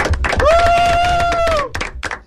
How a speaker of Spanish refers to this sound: Bueno, un aplauso, chicos y chicas.